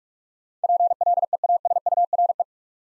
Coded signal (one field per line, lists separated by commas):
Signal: Morse code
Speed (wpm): 47 wpm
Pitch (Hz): 700 Hz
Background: none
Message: PLEASURE